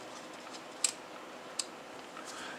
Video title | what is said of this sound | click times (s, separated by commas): 1979 Panasonic WV-3800 Vidicon Camera | and the filter locks into place | 0.8 s